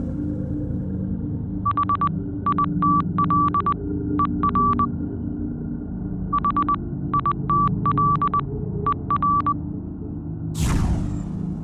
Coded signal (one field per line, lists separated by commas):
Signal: Morse code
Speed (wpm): 20 wpm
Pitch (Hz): 1160 Hz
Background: none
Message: HITLER HITLER